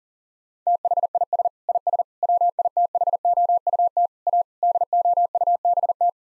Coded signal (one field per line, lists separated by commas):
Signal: Morse code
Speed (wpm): 39 wpm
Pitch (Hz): 700 Hz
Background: none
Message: THIS IS WITHOUT A DOUBT